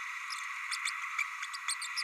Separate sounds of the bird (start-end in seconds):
0.85-0.90, 1.68-1.75